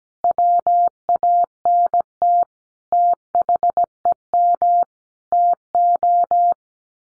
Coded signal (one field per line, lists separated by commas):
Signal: Morse code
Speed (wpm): 17 wpm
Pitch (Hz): 700 Hz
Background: none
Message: WANT THEM TO